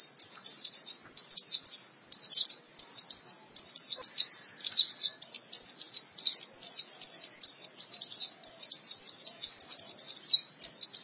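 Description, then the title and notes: White-eye singing a continuous stream of rapid, very high, thin chirps and twitters in short bursts with hardly a break. "Kicauan Burung Pleci Durasi Panjang. Suara kicauan burung pleci"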